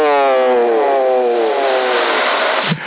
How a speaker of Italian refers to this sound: Per quello c'era casino. Ambulanze